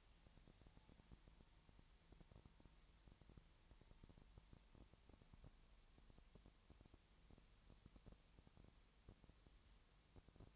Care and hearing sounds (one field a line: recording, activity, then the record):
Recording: daily activity, microphone in the room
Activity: no activity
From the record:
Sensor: 3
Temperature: 20.6 degrees Celsius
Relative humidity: 34.7%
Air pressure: 1007.2 hPa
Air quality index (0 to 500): 137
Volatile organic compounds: 3 ppm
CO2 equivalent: 1527 ppm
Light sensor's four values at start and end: 2/3/2/2 and 2/3/2/2